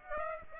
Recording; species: mosquito wingbeat signal from an infrared sensor; Aedes aegypti